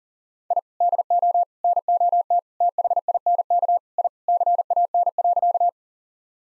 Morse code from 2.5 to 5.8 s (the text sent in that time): THINK I CAN.